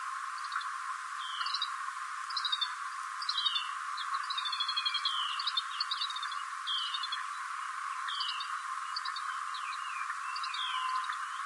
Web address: black headed goldfinch call